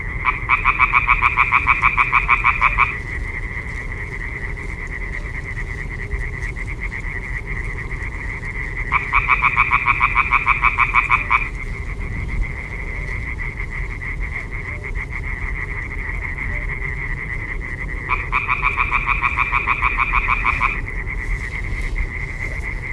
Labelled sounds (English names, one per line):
Common Tree Frog call